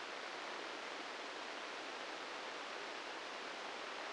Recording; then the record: brain microelectrode recording played as sound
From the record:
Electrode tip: inside the subthalamic nucleus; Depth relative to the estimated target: -1 mm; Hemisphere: left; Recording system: NeuroSet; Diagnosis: Parkinson's disease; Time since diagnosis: 13 years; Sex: male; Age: 65 years